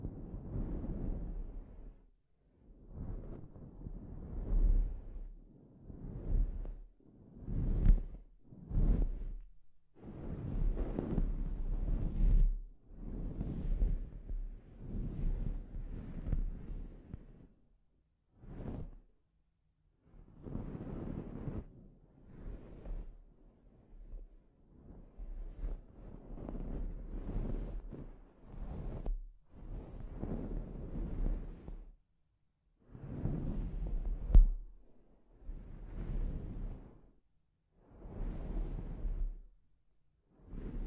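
A scalp treatment, heard as repeated bursts of soft rubbing and brushing strokes, each lasting a second or two with short silent gaps between. The strokes are irregular, mostly hushed and breathy with a low rumble underneath, and a few brief sharper scratches stand out.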